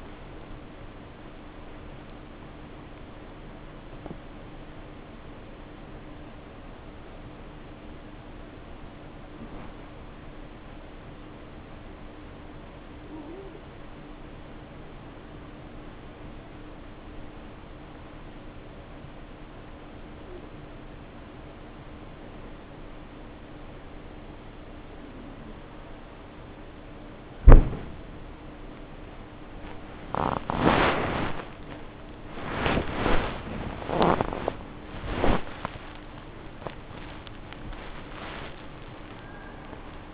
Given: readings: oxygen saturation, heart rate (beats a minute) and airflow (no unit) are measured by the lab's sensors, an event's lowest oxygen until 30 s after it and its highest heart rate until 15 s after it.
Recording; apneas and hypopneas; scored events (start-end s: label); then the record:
breathing in sleep by a voice recorder at the bedside; 1
8.00-32.30 s: hypopnea (N1, oxygen 97% highest, then 94% lowest, heart rate 79 at the start, 83 highest)
24.00-40.14 s: new sleep stage, awake
26.00-40.14 s: awake
From the record:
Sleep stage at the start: N1 (lightest sleep); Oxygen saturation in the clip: 87 to 97%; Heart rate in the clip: 58 to 81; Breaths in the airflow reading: 5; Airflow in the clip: -7.6 to 8.9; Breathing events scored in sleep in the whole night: 520 in 7.2 hours asleep